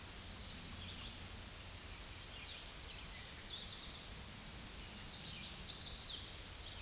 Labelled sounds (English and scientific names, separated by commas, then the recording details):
Chestnut-sided Warbler (Setophaga pensylvanica) song
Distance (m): 35 m
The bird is about level with the microphone
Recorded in a Pennsylvania forest on 16 May 2024 at 07:59
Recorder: AudioMoth, point MSD-0438
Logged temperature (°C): 14.5 °C
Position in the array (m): 80 m, 71 m